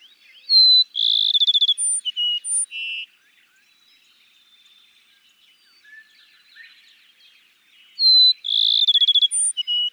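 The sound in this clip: Cassin's sparrow song repeated twice: a high whistle, a loud quick trill, then several spaced clear notes, with quiet chattering during the pause.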